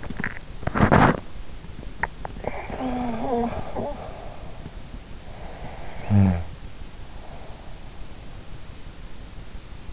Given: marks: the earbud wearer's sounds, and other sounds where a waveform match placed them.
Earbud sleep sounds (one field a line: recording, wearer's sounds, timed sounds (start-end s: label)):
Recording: sounds in sleep by an in-ear microphone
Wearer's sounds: swallowing, talking in sleep, snoring breath, breath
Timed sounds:
0.00-1.41 s: swallowing
2.04-4.15 s: talking in sleep
5.45-6.89 s: snoring breath
7.23-7.67 s: breath